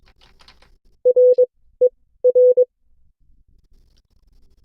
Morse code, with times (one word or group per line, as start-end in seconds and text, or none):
1.1-1.4 R
1.8-1.9 E
2.2-2.6 R